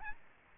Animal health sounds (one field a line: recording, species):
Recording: mosquito wingbeat signal from an infrared sensor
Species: Aedes albopictus